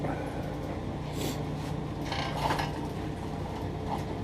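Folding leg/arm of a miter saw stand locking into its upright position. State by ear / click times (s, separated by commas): not seated / none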